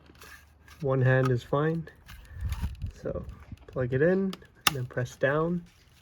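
A Mercedes SBC brake system wiring connector is handled at its socket in the engine bay, ready to be plugged in and pressed down, while someone talks. Faint handling ticks and rustles sit between the speech, but nothing has seated or clicked yet.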